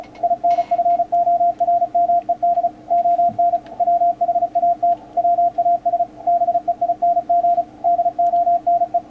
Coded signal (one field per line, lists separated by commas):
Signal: Morse code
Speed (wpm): 36 wpm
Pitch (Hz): 690 Hz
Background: radio noise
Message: INFORMED ON WHAT WAS BEING DONE